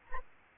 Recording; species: mosquito wingbeat signal from an infrared sensor; Anopheles gambiae